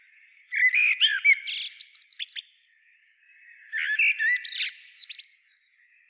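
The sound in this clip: Common blackbird song: two separate phrases, each opening with mellow, slurred whistles and breaking into squeaky, high chattering notes, with a pause of about a second between them.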